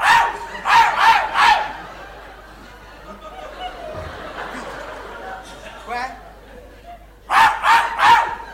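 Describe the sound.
A person barks like a dog in two loud bursts of three rapid, rough yelps, one at the start and one at the end, with quieter talking and murmuring in between.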